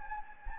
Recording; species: mosquito wingbeat signal from an infrared sensor; Anopheles gambiae